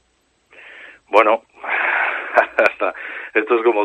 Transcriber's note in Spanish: risas